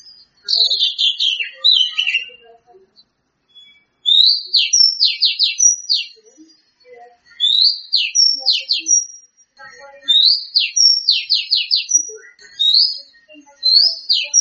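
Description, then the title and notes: Bird song in repeated bursts of quick descending whistled notes, each phrase a rapid cascade of several sweeps. "Kicau Burung Lengkap"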